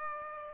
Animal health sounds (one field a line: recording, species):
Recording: mosquito wingbeat signal from an infrared sensor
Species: Aedes aegypti